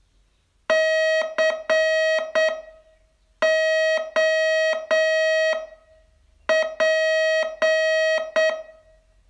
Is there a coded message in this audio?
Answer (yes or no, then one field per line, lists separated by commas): yes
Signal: Morse code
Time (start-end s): 0.7-8.5 s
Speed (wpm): 8 wpm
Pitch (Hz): 640 Hz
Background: none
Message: COP